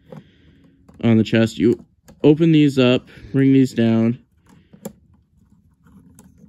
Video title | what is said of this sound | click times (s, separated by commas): APC toys 03 bossy flame | and they will click into place just like on the original toy. | 4.8 s, 6.2 s